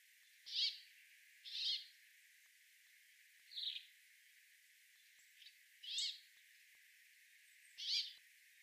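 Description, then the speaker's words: Brambling giving five buzzing, wheezy notes at irregular intervals, with a fainter note between. Wheezy song likened to a greenfinch's: chuck-chuck followed by a rasping zweek, rendered 'bubble and squeak'; rarely heard in the UK. "The brambling's wheezy song is similar to that of the greenfinch. It is a chuck-chuck sound, followed by a rasping zweek."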